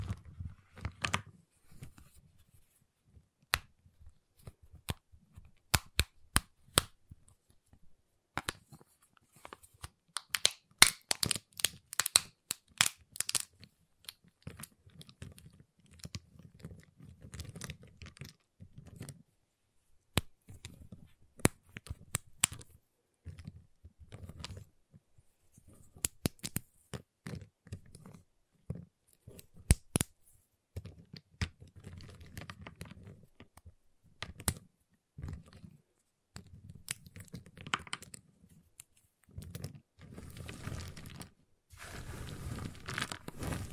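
Giant chocolate bar being tapped, cut and snapped, with sharp irregular clicks and snaps in dense bursts over low rustling and thuds.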